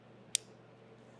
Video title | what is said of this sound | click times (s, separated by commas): SurLok Plus Connector (big brother of RadLok) for EV Conversions | and then once you hear that click they are locked in place they don't rotate anymore and | 0.3 s